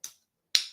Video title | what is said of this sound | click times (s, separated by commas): My Favorite Tools For Content Creation | there we go and it kind of locks into place and then | 0.6 s